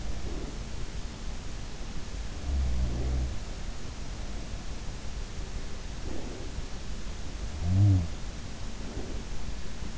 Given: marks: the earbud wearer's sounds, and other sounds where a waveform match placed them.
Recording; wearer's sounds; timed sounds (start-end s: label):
sounds in sleep by an in-ear microphone; breath
0.00-0.93 s: breath
2.29-3.75 s: sound from someone else or the room
5.98-8.17 s: sound from someone else or the room
8.79-9.50 s: breath